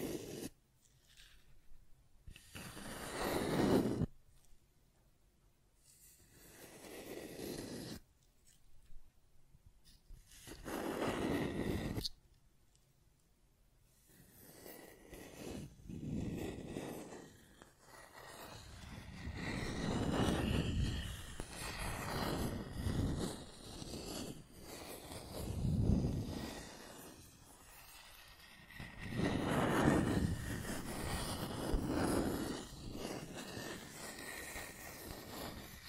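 Scratching and tracing sounds, with rough strokes that swell and fade. The first half has separate scrapes around 3, 5 and 11 seconds with quiet gaps between, and from about 14 seconds the scratching turns nearly continuous, with louder surges near 20, 26 and 30 seconds.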